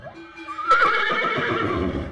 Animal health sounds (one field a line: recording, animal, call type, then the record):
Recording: contact call of a hoofed animal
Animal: horse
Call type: whinny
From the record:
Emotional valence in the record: positive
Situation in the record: reunion with the whole group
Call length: 2.1 s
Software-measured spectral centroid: 1780 Hz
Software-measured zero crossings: 2390 a second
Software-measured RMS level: -23 dBFS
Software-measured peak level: -8 dBFS